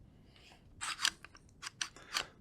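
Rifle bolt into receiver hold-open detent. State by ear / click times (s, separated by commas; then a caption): not seated / none. The steel bolt of a Thompson SBR rifle is worked back against a small hold-open detent in its receiver, making bursts of bright metallic sliding and scraping with sharp ticks around 0.8–1.1 s, 1.6–1.8 s and 2.1–2.2 s. The bolt does not click into the detent and does not lock open; nothing has seated or clicked.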